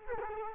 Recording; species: mosquito wingbeat signal from an infrared sensor; Culex quinquefasciatus